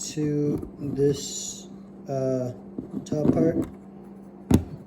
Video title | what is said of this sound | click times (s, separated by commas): PART 12: The Head - Japenease Spider-Man Leopardon Tutorial | so that it just clicks right in | 4.5 s